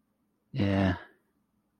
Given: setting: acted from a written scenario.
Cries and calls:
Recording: vocal sound without words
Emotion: sympathy

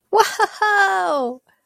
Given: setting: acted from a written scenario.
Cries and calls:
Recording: vocal sound without words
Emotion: triumph

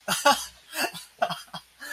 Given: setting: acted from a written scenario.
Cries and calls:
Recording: vocal sound without words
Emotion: elation

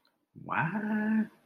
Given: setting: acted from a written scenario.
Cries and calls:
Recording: vocal sound without words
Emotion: confusion

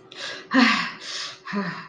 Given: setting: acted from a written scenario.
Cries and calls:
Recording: vocal sound without words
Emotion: relief

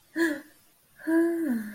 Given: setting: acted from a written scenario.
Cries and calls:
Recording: vocal sound without words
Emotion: realization

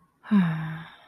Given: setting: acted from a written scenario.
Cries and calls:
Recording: vocal sound without words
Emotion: serenity

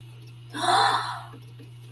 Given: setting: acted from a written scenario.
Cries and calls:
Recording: vocal sound without words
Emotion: elation

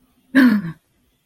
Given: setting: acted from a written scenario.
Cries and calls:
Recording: vocal sound without words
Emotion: negative surprise

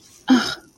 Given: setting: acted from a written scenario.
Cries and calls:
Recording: vocal sound without words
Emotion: awe

